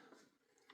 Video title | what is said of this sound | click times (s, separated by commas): DIY - The Snow Made Me Do It | Once they click, they're in. | 0.7 s